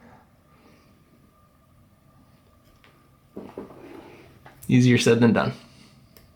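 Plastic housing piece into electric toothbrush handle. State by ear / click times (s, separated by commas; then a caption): seated / 6.2 s. With its back edge already seated under a notch, the front of a plastic housing piece is pushed down into the handle of an Oral-B iO electric toothbrush during reassembly after a possible fix for a bootup error. Quiet handling noises and brief scrapes build up while someone talks. A single sharp tick at 6.2 s marks the piece clicking into place.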